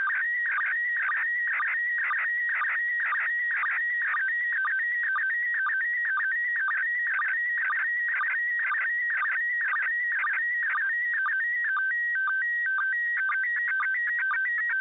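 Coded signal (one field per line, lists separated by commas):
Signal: SSTV (slow-scan television)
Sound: warbling tone hopping between two pitches, with short low chirps about twice a second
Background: radio static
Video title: ISS SSTV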